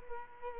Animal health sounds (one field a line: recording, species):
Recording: mosquito wingbeat signal from an infrared sensor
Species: Culex quinquefasciatus